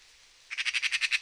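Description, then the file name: Eurasian magpie making one harsh, machine-gun chatter of about nine rapid, grating notes after a moment of quiet. "Pica pica"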